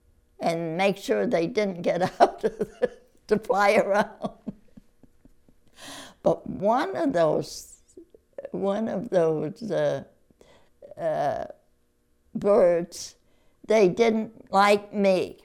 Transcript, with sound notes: and make sure they didn't get out to fly around. (Laughs) But one of those — one of those — er — er--birds, they didn't like me.